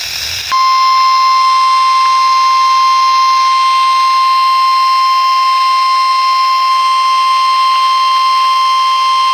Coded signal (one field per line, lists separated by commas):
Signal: Emergency Alert System (SAME) tones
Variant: 1050 Hz attention tone